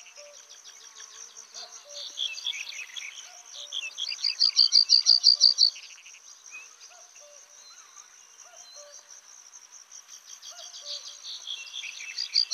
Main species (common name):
White-capped Bunting